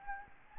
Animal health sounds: mosquito wingbeat signal from an infrared sensor; Anopheles gambiae

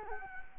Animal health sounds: mosquito wingbeat signal from an infrared sensor; Culex quinquefasciatus

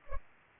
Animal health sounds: mosquito wingbeat signal from an infrared sensor; Culex pipiens

